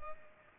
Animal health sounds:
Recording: mosquito wingbeat signal from an infrared sensor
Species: Culex pipiens

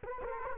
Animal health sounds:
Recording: mosquito wingbeat signal from an infrared sensor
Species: Culex quinquefasciatus

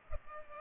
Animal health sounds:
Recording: mosquito wingbeat signal from an infrared sensor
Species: Culex pipiens

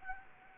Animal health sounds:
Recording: mosquito wingbeat signal from an infrared sensor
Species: Anopheles gambiae

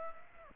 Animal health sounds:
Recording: mosquito wingbeat signal from an infrared sensor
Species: Aedes aegypti

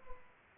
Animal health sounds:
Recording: mosquito wingbeat signal from an infrared sensor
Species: Culex pipiens

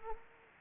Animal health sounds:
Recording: mosquito wingbeat signal from an infrared sensor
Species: Anopheles arabiensis

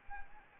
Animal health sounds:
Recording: mosquito wingbeat signal from an infrared sensor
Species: Anopheles arabiensis

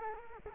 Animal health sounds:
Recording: mosquito wingbeat signal from an infrared sensor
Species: Culex quinquefasciatus

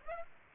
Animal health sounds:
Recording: mosquito wingbeat signal from an infrared sensor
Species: Aedes aegypti

